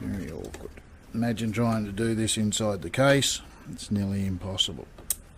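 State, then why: Seated. A plastic push pin on a CPU cooler is pressed through a motherboard mounting hole while someone talks. A sharp click at 5.1 s marks the pin locking into place, seated.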